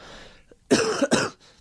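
Two loud, abrupt cough bursts follow each other within about half a second from an adult man recovering from a flu-like illness. Each is a harsh, noisy blast of air that cuts off sharply. There is no wheeze or whoop. Quiet room noise surrounds the coughs.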